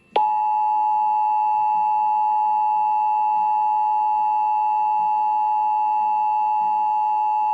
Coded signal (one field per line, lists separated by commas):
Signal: Emergency Alert System (SAME) tones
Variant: 853 and 960 Hz attention tone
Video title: [EAS #24-32] LOTTA WEEKLIES!! (bonus RMT)